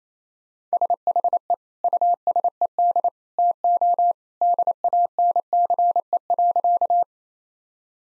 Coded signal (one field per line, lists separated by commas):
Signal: Morse code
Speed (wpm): 28 wpm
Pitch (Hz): 700 Hz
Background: none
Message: SHE USED TO DANCE.